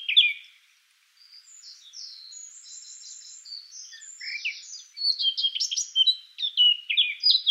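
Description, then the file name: Eurasian blackcap song: a brief loud note, a pause, quiet high rambling notes, then a loud, sharp, rapidly varied warble. "Sylvia atricapilla"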